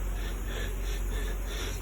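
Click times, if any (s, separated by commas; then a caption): none. A hand feeds the rubber collar of a new ATE Premium guide-pin boot around its seat on a front brake caliper of a 2011 Smart Car. Only soft, steady rubbing and handling noise is heard, and the collar has not snapped into place yet.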